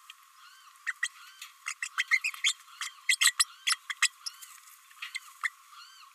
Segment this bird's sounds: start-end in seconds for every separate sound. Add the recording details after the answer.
0.86-0.93, 1.02-1.08, 1.67-1.74, 1.82-1.88, 1.97-2.06, 2.11-2.20, 2.24-2.31, 2.44-2.54, 2.81-2.90, 3.09-3.17, 3.20-3.34, 3.39-3.45, 3.66-3.78, 3.89-3.94, 4.02-4.10, 4.26-4.31, 5.14-5.19, 5.43-5.49. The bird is a female. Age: 29 days. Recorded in a nest box in Venezuela. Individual 17B32A5